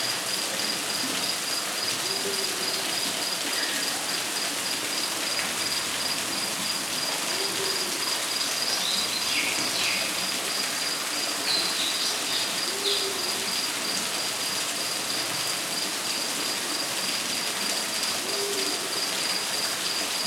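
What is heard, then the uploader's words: Dense, steady rainforest hiss with a constant high insect whine, soft hooting calls roughly every five seconds, and occasional faint bird chirps. Relaxing Rainforest Ambient Noise.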